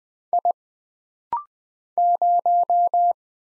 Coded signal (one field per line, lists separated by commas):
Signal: Morse code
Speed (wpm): 20 wpm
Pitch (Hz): 700 Hz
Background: none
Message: I 0